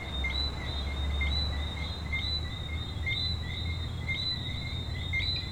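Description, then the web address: Coqui frogs calling, many overlapping short whistled chirps over a steady low hum. Frogs at a beach in Venezuela. "venezuela frogs Coqui playa"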